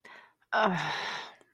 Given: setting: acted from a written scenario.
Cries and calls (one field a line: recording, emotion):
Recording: vocal sound without words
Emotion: guilt